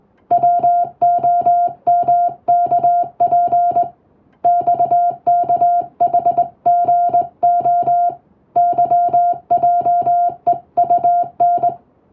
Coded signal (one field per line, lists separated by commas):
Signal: Morse code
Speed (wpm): 21 wpm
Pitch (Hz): 700 Hz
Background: music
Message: WOMKP XKHGO YJEUN